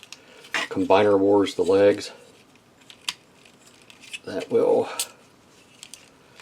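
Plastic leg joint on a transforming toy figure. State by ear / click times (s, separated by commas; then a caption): not seated / none. Someone talks while handling the plastic leg joint of a transforming toy figure, with brief sharp handling ticks as the leg is moved up and in toward its locked position. The leg has not seated or clicked into place yet.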